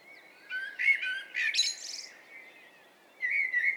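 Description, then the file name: Common blackbird singing: low fluted warbling phrases ending in a high, squeaky twitter, with a short second phrase starting near the end. "Turdus merula"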